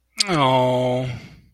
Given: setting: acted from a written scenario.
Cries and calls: vocal sound without words; sympathy

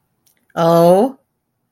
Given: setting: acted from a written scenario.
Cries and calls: vocal sound without words; anger

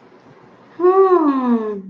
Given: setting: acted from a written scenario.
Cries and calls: vocal sound without words; contentment

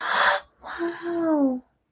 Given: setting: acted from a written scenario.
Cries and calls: vocal sound without words; elation

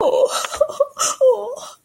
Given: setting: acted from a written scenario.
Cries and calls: vocal sound without words; fear

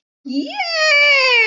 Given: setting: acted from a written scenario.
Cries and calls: vocal sound without words; awe

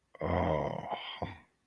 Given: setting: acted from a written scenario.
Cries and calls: vocal sound without words; romantic love

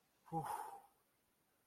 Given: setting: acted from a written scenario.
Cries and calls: vocal sound without words; relief

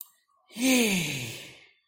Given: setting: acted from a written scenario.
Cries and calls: vocal sound without words; triumph

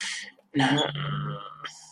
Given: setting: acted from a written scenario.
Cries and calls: vocal sound without words; sympathy

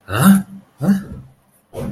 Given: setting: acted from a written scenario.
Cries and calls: vocal sound without words; distress

